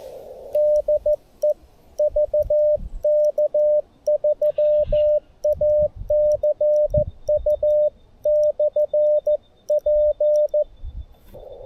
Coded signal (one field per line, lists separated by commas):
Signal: Morse code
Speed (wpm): 14 wpm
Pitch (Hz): 600 Hz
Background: radio noise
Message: DE VK3ACU/P